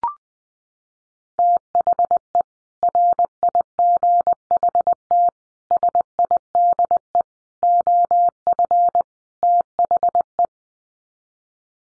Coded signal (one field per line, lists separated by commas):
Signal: Morse code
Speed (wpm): 20 wpm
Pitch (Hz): 700 Hz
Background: none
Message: THE RIGHT SIDE OF THE